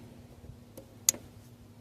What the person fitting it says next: There's the click.